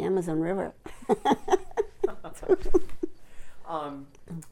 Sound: laughing

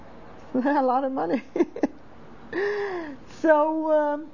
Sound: she laughs

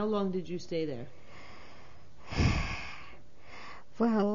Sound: she sighs

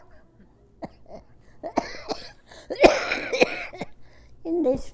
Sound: coughs/Laughs

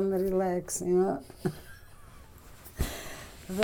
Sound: chuckles

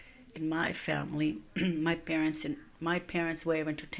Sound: clears throat

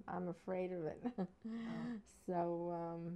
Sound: she laughs

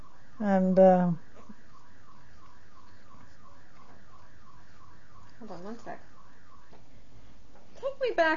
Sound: sirens are heard in the background on the tape

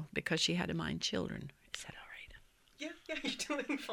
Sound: whispering

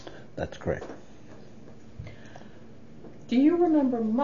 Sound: deep breath

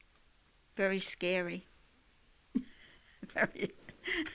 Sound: she laughs

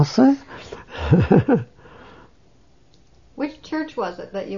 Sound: he laughs

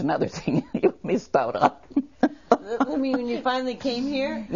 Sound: laughs

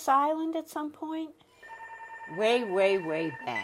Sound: telephone rings

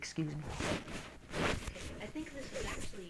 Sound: the microphone is disrupted

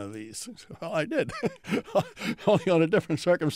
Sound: laughs

